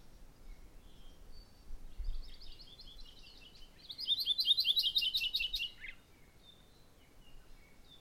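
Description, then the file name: Maui parrotbill call: a soft series of high notes, then a louder, rapid burst of bright slurred notes lasting about two seconds. "Maui Parrotbill Pseudonestor xanthophrys"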